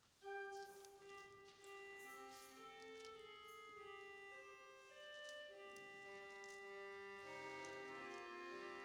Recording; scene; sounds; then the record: everyday scene through a hearing-aid microphone; reverberant space; music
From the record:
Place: church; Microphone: in the ear canal, right